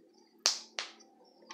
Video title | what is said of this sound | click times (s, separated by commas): (Versão Canhoto) Abelhinha Amigurumi Passo a Passo (Parte 1) | mesmo jeito na mesma posição tá vou apertar até encaixar | 0.5 s